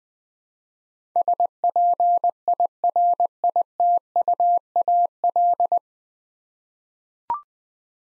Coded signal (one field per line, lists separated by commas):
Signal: Morse code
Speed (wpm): 21 wpm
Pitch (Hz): 700 Hz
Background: none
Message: SPIRITUAL